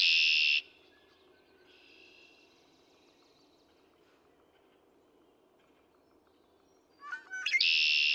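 Red-winged Blackbird song: loud buzzy trills cut off at the start and end, with fainter notes in between.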